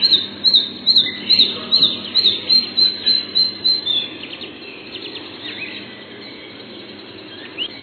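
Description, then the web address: Red-breasted flycatcher song: a run of many high, thin notes repeated steadily, fading out after about four seconds into faint chirps and background hiss. Recorded on 3 June 2007. "Animalia Birds 16 Tattingf Fparva"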